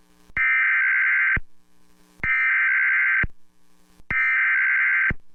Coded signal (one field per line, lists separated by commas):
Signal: Emergency Alert System (SAME) tones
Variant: header bursts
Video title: EAS Alerts from 6/16/23